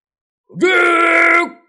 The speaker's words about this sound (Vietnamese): Càng Luân rít gào một tiếng, Vạn Long Linh bay múa hóa thành một đạo tử quang nhằm phía nhân ma.